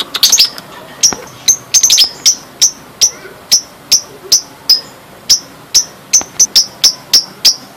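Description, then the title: Java sparrow song: a few quick clustered clicks, then a steady series of high, bell-like tinkling notes. "kicau gelatik"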